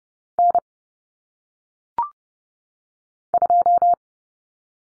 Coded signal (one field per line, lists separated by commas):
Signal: Morse code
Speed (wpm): 30 wpm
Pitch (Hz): 700 Hz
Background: none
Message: N 2